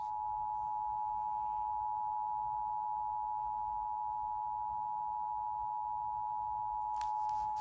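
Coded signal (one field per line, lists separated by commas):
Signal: Emergency Alert System (SAME) tones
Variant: 853 and 960 Hz attention tone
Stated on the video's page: Tornado warning relayed by radio station WBAP.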